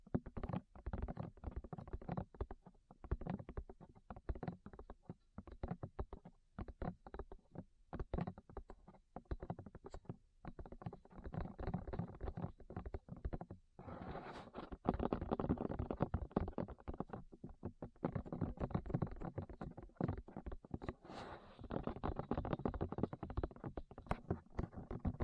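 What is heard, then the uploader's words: Ear tapping: a dense stream of quick, irregular taps and muffled thumps with a deep, rumbling body and a scratchy rustle on top. Brief pauses break the flow early on, and from about fourteen seconds the tapping grows louder and fuller. ASMR Tap Your Ears 3Dio (No Talking).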